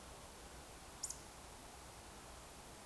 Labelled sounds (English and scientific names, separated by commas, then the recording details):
Eurasian Woodcock (Scolopax rusticola)
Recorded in Baden-Württemberg, Germany, on 27 June 2020 at 02:26 UTC
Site 43791, 788 m above sea level